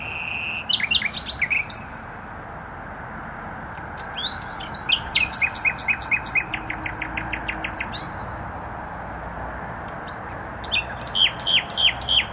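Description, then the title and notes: Nightingale singing long phrases: sharp chips, a long train of rapid repeated notes, then ringing whistled notes, over steady traffic noise. Singing in bushes close to a noisy motorway, Trasa Toruńska, Bródno-Podgrodzie, Warsaw, Poland; recorded with an Olympus LS-11. "Bródno-Podgrodzie, Warszawa, Polska - Trasa Toruńska Nightingale. Recording nightingale singing in bushes close to noisy motorway"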